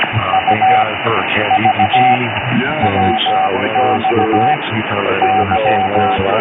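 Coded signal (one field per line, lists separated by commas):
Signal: Morse code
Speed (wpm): 17 wpm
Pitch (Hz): 760 Hz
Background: speech, music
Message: U V W X Y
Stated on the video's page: Heard on CB radio.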